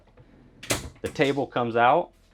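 The extendable dinette table in the dinette of a 2021 Fleetwood Discovery 36Q Island Kitchen RV is slid out after its levers are pulled out, with its table locks yet to be turned into place. Faint ticks near 0.1 and 0.2 seconds lead to a sharp hit around 0.6 to 0.7 seconds, and then someone talks until the end. Nothing has seated or locked into place yet.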